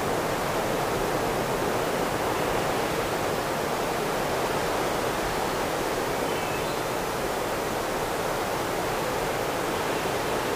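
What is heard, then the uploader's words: A midsummer island forest filled with a steady, dense rush, like wind through trees blended with surf, holding an even level throughout. The hiss sits mostly in the middle and upper range. A faint, brief bird call surfaces around the six-second mark. Midsummer forest on a small island.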